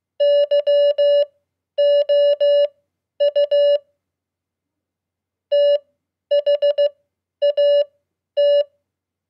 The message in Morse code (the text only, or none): YOU THAT